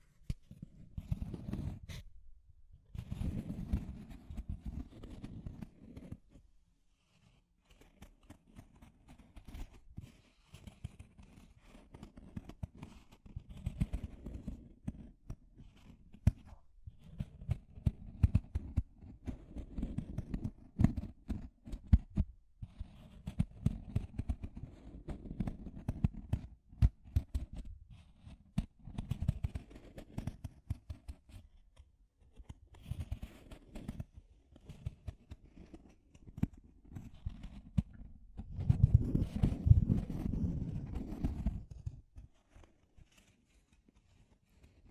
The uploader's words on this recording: ASMR Deep Scratching. (No Talking).